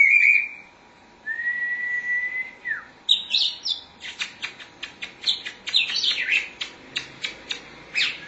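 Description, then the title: Oriental magpie-robin song opening with long level whistles, then shifting into rapid, sharp chirps and clicks repeated several times each second. "Suara Kicauan Burung Kacer"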